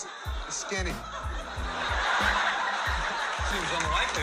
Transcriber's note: laughter